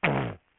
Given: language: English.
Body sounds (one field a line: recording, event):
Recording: throat vibration sensor signal played as sound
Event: throat clearing